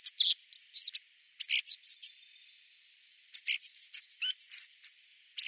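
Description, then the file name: Dark-sided flycatcher song, repeated rapid bursts of thin, very high, squeaky twittering notes separated by brief pauses, with no other sounds. "Muholovka sibirskaja"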